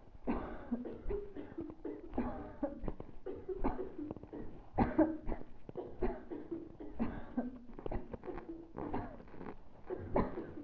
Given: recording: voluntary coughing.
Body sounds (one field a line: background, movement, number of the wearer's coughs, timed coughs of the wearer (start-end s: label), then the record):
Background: a bystander coughing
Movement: sitting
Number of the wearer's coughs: 12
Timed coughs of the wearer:
0.25-0.80 s: cough
1.09-1.25 s: cough
2.15-2.73 s: cough
2.73-3.04 s: cough
3.61-3.91 s: cough
4.75-5.16 s: cough
5.26-5.57 s: cough
5.99-6.35 s: cough
6.97-7.51 s: cough
7.89-8.14 s: cough
8.91-9.26 s: cough
10.13-10.54 s: cough
From the record:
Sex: female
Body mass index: 22.6 kg/m2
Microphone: on the chest, facing the body